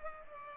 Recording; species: mosquito wingbeat signal from an infrared sensor; Culex pipiens